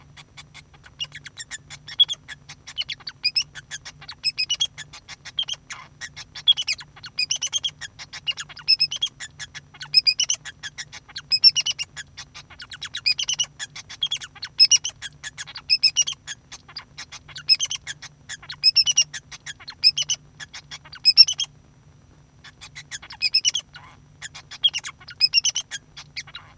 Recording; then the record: song of a male Bengalese finch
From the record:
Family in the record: son of father 2